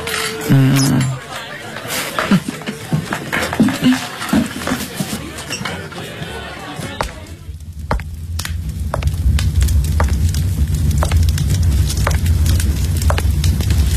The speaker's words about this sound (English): You mind if I share that fireplace with you?